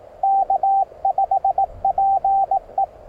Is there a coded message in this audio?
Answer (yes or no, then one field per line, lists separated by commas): yes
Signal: Morse code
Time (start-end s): 0.2-2.8 s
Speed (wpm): 18 wpm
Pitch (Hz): 780 Hz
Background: radio noise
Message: K5PE